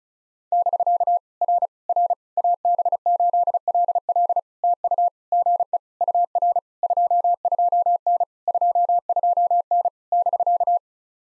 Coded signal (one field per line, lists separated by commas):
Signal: Morse code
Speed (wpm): 36 wpm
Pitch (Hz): 700 Hz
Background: none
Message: <BK> R R AB8LL TU GE UR 22N 22N <BK>